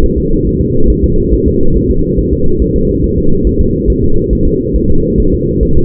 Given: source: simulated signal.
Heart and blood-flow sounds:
fetal heart sounds
0.04 s: S1
0.18 s: S2
0.47 s: S1
0.61 s: S2
0.90 s: S1
1.04 s: S2
1.33 s: S1
1.48 s: S2
1.76 s: S1
1.91 s: S2
2.19 s: S1
2.33 s: S2
2.62 s: S1
2.76 s: S2
3.04 s: S1
3.18 s: S2
3.47 s: S1
3.61 s: S2
3.90 s: S1
4.04 s: S2
4.33 s: S1
4.47 s: S2
4.76 s: S1
4.90 s: S2
5.20 s: S1
5.34 s: S2
5.63 s: S1
5.77 s: S2
From the record:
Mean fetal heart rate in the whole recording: 140 bpm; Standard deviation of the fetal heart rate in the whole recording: 2 bpm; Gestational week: 34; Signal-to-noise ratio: -19.1 dB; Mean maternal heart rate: 72 bpm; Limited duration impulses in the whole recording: present

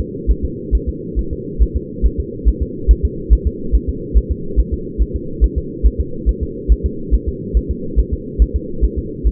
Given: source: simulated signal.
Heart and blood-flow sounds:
fetal heart sounds
0.00 s: S2
0.31 s: S1
0.45 s: S2
0.75 s: S1
0.89 s: S2
1.19 s: S1
1.33 s: S2
1.62 s: S1
1.76 s: S2
2.06 s: S1
2.20 s: S2
2.48 s: S1
2.62 s: S2
2.91 s: S1
3.05 s: S2
3.33 s: S1
3.47 s: S2
3.75 s: S1
3.89 s: S2
4.17 s: S1
4.31 s: S2
4.59 s: S1
4.73 s: S2
5.02 s: S1
5.16 s: S2
5.44 s: S1
5.58 s: S2
5.86 s: S1
6.00 s: S2
6.29 s: S1
6.43 s: S2
6.72 s: S1
6.86 s: S2
7.14 s: S1
7.28 s: S2
7.57 s: S1
7.71 s: S2
8.00 s: S1
8.13 s: S2
8.42 s: S1
8.56 s: S2
8.84 s: S1
8.98 s: S2
9.27 s: S1
From the record:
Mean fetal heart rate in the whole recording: 140 bpm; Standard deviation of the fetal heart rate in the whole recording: 2 bpm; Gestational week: 34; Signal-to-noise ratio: -4.3 dB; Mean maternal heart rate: 72 bpm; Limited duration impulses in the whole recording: absent

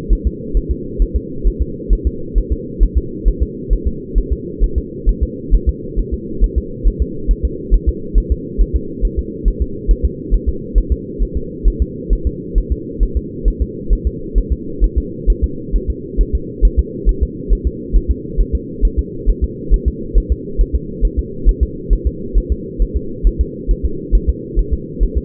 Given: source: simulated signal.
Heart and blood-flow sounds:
fetal heart sounds
0.13 s: S1
0.27 s: S2
0.57 s: S1
0.71 s: S2
1.02 s: S1
1.16 s: S2
1.47 s: S1
1.62 s: S2
1.93 s: S1
2.07 s: S2
2.38 s: S1
2.52 s: S2
2.83 s: S1
2.98 s: S2
3.28 s: S1
3.43 s: S2
3.73 s: S1
3.87 s: S2
4.18 s: S1
4.32 s: S2
4.64 s: S1
4.78 s: S2
5.09 s: S1
5.23 s: S2
5.54 s: S1
5.69 s: S2
6.00 s: S1
6.14 s: S2
6.44 s: S1
6.58 s: S2
6.87 s: S1
7.02 s: S2
7.31 s: S1
7.45 s: S2
7.74 s: S1
7.89 s: S2
8.18 s: S1
8.32 s: S2
8.61 s: S1
8.76 s: S2
9.05 s: S1
9.19 s: S2
9.48 s: S1
9.62 s: S2
9.91 s: S1
10.05 s: S2
10.34 s: S1
10.49 s: S2
10.78 s: S1
10.92 s: S2
11.23 s: S1
11.37 s: S2
11.68 s: S1
11.82 s: S2
12.13 s: S1
12.27 s: S2
12.58 s: S1
12.72 s: S2
13.03 s: S1
13.17 s: S2
13.48 s: S1
13.62 s: S2
13.93 s: S1
14.07 s: S2
14.38 s: S1
14.52 s: S2
14.84 s: S1
14.98 s: S2
15.30 s: S1
15.44 s: S2
15.76 s: S1
15.90 s: S2
16.21 s: S1
16.35 s: S2
16.65 s: S1
16.79 s: S2
17.09 s: S1
17.23 s: S2
17.53 s: S1
17.67 s: S2
17.96 s: S1
18.11 s: S2
18.41 s: S1
18.55 s: S2
18.85 s: S1
18.99 s: S2
19.29 s: S1
19.44 s: S2
19.74 s: S1
19.88 s: S2
20.18 s: S1
20.32 s: S2
20.61 s: S1
20.75 s: S2
21.05 s: S1
21.19 s: S2
21.49 s: S1
21.63 s: S2
21.93 s: S1
22.07 s: S2
22.38 s: S1
22.52 s: S2
22.82 s: S1
22.97 s: S2
23.27 s: S1
23.41 s: S2
23.71 s: S1
23.85 s: S2
24.15 s: S1
24.29 s: S2
24.59 s: S1
24.74 s: S2
25.03 s: S1
25.18 s: S2
From the record:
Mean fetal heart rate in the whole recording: 135 bpm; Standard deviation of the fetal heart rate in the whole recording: 3 bpm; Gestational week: 36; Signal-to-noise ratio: -4.3 dB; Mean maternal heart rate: 72 bpm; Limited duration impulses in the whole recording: absent

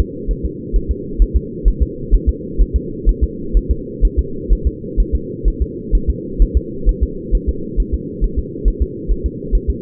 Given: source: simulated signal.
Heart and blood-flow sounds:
fetal heart sounds
0.00 s: S2
0.31 s: S1
0.45 s: S2
0.76 s: S1
0.91 s: S2
1.22 s: S1
1.36 s: S2
1.68 s: S1
1.82 s: S2
2.14 s: S1
2.29 s: S2
2.61 s: S1
2.76 s: S2
3.09 s: S1
3.23 s: S2
3.57 s: S1
3.71 s: S2
4.05 s: S1
4.19 s: S2
4.52 s: S1
4.67 s: S2
5.00 s: S1
5.15 s: S2
5.48 s: S1
5.62 s: S2
5.95 s: S1
6.10 s: S2
6.42 s: S1
6.57 s: S2
6.89 s: S1
7.03 s: S2
7.35 s: S1
7.49 s: S2
7.80 s: S1
7.94 s: S2
8.24 s: S1
8.39 s: S2
8.68 s: S1
8.82 s: S2
9.11 s: S1
9.26 s: S2
9.55 s: S1
9.70 s: S2
From the record:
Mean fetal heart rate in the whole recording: 130 bpm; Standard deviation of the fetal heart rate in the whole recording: 2 bpm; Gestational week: 36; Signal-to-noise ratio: -4.3 dB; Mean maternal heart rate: 72 bpm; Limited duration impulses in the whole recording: absent

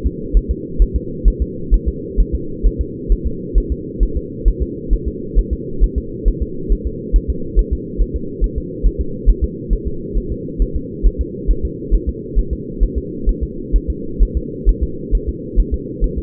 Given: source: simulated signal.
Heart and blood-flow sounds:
fetal heart sounds
0.07 s: S2
0.37 s: S1
0.51 s: S2
0.82 s: S1
0.96 s: S2
1.28 s: S1
1.42 s: S2
1.74 s: S1
1.88 s: S2
2.20 s: S1
2.35 s: S2
2.67 s: S1
2.81 s: S2
3.12 s: S1
3.27 s: S2
3.58 s: S1
3.72 s: S2
4.03 s: S1
4.17 s: S2
4.48 s: S1
4.62 s: S2
4.93 s: S1
5.08 s: S2
5.38 s: S1
5.53 s: S2
5.84 s: S1
5.98 s: S2
6.28 s: S1
6.43 s: S2
6.72 s: S1
6.87 s: S2
7.16 s: S1
7.30 s: S2
7.59 s: S1
7.73 s: S2
8.01 s: S1
8.16 s: S2
8.44 s: S1
8.58 s: S2
8.86 s: S1
9.01 s: S2
9.30 s: S1
9.44 s: S2
9.73 s: S1
9.88 s: S2
10.18 s: S1
10.32 s: S2
10.62 s: S1
10.76 s: S2
11.06 s: S1
11.21 s: S2
11.51 s: S1
11.65 s: S2
11.94 s: S1
12.09 s: S2
12.39 s: S1
12.53 s: S2
12.83 s: S1
12.98 s: S2
13.29 s: S1
13.43 s: S2
13.76 s: S1
13.90 s: S2
14.23 s: S1
14.37 s: S2
14.69 s: S1
14.83 s: S2
15.15 s: S1
15.29 s: S2
15.60 s: S1
15.74 s: S2
16.04 s: S1
16.18 s: S2
From the record:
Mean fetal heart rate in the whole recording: 135 bpm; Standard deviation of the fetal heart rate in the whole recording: 3 bpm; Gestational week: 36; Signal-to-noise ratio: -4.3 dB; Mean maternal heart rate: 72 bpm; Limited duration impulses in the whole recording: absent

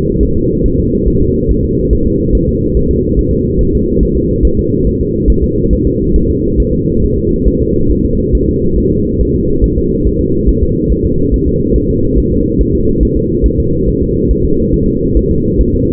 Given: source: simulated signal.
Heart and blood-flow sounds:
fetal heart sounds
0.23 s: S1
0.37 s: S2
0.66 s: S1
0.80 s: S2
1.08 s: S1
1.22 s: S2
1.51 s: S1
1.65 s: S2
1.93 s: S1
2.07 s: S2
2.35 s: S1
2.49 s: S2
2.77 s: S1
2.91 s: S2
3.19 s: S1
3.33 s: S2
3.61 s: S1
3.75 s: S2
4.03 s: S1
4.17 s: S2
4.45 s: S1
4.59 s: S2
4.87 s: S1
5.01 s: S2
5.30 s: S1
5.44 s: S2
5.73 s: S1
5.87 s: S2
6.16 s: S1
6.30 s: S2
6.60 s: S1
6.74 s: S2
7.04 s: S1
7.18 s: S2
7.47 s: S1
7.62 s: S2
7.91 s: S1
8.05 s: S2
8.35 s: S1
8.49 s: S2
8.78 s: S1
8.92 s: S2
9.21 s: S1
9.35 s: S2
9.64 s: S1
9.78 s: S2
10.07 s: S1
10.21 s: S2
10.49 s: S1
10.63 s: S2
10.92 s: S1
11.06 s: S2
11.34 s: S1
11.48 s: S2
11.76 s: S1
11.90 s: S2
12.18 s: S1
12.32 s: S2
12.61 s: S1
12.75 s: S2
13.03 s: S1
13.17 s: S2
13.46 s: S1
13.60 s: S2
13.88 s: S1
14.02 s: S2
14.31 s: S1
14.45 s: S2
14.74 s: S1
14.88 s: S2
15.17 s: S1
15.31 s: S2
15.60 s: S1
15.75 s: S2
From the record:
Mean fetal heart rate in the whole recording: 140 bpm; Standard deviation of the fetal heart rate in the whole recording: 2 bpm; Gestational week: 34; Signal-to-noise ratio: -15.3 dB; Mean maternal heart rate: 72 bpm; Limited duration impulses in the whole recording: present

